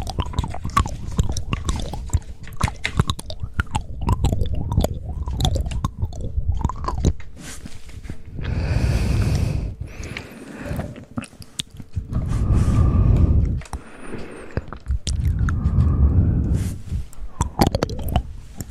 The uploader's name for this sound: ASMR Tingly Mouth Sound Triggers